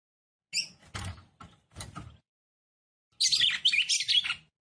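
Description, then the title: Red-cowled cardinal: a short chirp and several clattering knocks, then a rapid, buzzy burst of high warbled notes. Female song, described as fiery and nervous, used to excite and fire up male red-cowled cardinals quickly. "CANTO DA FÊ MEA GALO CAMPINA FOGOSA LEVANTA FOGOESQUENTA GALO CAMPINA MACHO RAPIDINHO FÊ MEA NERVOSA"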